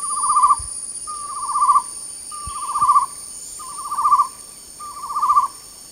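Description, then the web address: Chestnut-necklaced partridge calling: five trilled whistled phrases, each swelling louder, spaced about 1.2 seconds apart, with a high insect drone and a few soft low knocks. Recorded at Danum on 8 August 2009. "DANUM 20090808. chestnut-necklaced hill partridge"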